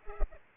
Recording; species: mosquito wingbeat signal from an infrared sensor; Culex pipiens